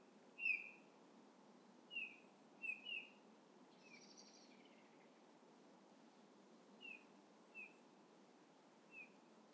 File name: Pyrrhula pyrrhula